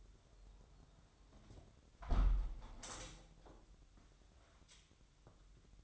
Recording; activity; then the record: daily activity, microphone in the room; close window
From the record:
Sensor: 3